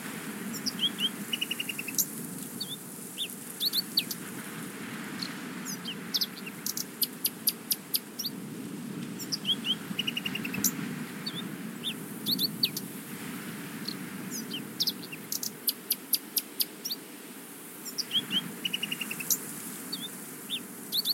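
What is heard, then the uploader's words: Birds whistle insistently in rapid bursts of bright chirps and trills over a steady low rush of wind and waves throughout. Coast of Scotland. The wind whistling, the waves hitting the beach and some birds whistling very insistently.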